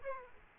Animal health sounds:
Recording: mosquito wingbeat signal from an infrared sensor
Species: Aedes aegypti

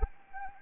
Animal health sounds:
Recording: mosquito wingbeat signal from an infrared sensor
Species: Anopheles arabiensis

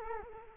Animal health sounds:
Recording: mosquito wingbeat signal from an infrared sensor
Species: Culex quinquefasciatus

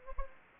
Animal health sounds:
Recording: mosquito wingbeat signal from an infrared sensor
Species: Anopheles gambiae

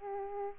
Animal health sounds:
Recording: mosquito wingbeat signal from an infrared sensor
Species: Aedes aegypti

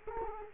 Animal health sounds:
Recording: mosquito wingbeat signal from an infrared sensor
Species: Culex quinquefasciatus

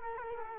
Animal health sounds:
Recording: mosquito wingbeat signal from an infrared sensor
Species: Culex quinquefasciatus

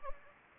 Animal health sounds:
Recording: mosquito wingbeat signal from an infrared sensor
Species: Anopheles gambiae

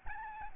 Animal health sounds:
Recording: mosquito wingbeat signal from an infrared sensor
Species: Aedes albopictus

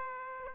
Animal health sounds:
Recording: mosquito wingbeat signal from an infrared sensor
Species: Aedes aegypti

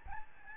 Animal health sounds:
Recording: mosquito wingbeat signal from an infrared sensor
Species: Aedes albopictus

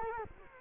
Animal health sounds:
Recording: mosquito wingbeat signal from an infrared sensor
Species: Culex quinquefasciatus

